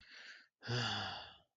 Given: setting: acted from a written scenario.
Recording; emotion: vocal sound without words; desire